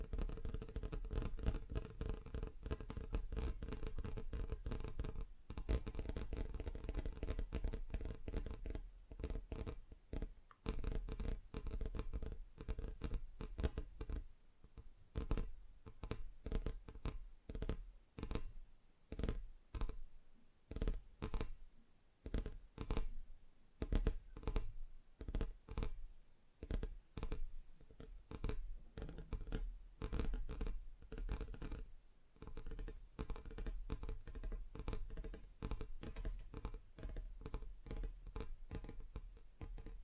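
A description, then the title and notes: Tapping on different surfaces, a dense stream of quick, uneven taps and scratches, sparser early on and busier after fifteen seconds, over a low hum. ASMR Just Tapping (Different Surfaces No Talking).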